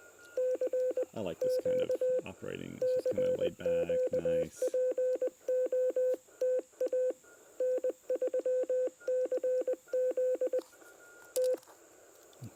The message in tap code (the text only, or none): none